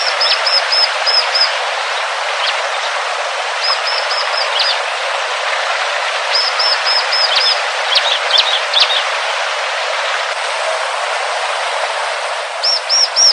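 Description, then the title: Hill prinia song: short bursts of several sharp high notes in quick series, repeated several times, over a steady loud hiss. "Kicau Ciblek Gunung"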